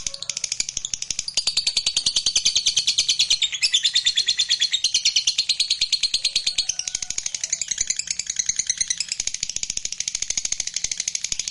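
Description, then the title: Lovebird singing a long, rapid chattering trill, harsh and pulsing, with the texture changing between grating and squeaky phrases. Recording meant to make a lazy lovebird start singing eagerly and spontaneously, right away. "LOVEBIRD Malas Bunyi JADI GREGET SPONTAN Langsung NARIK"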